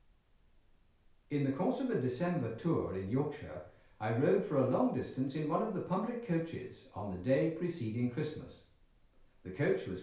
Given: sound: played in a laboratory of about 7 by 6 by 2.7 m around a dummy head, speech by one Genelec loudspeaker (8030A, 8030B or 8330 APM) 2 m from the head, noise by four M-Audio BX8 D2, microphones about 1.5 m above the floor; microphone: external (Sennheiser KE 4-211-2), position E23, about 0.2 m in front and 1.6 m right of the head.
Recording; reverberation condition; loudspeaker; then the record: male speech in English; medium; 30 degrees to the left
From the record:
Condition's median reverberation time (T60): about 510 ms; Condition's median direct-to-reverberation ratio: about -0.5 dB